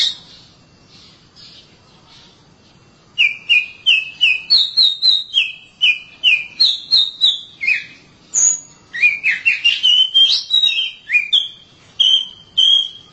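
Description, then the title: Oriental magpie-robin song: after three quiet seconds, a steady series of clear whistled notes at two pitches, then a quicker run of varied sweet phrases. "Suara Kicauan Burung Kacer"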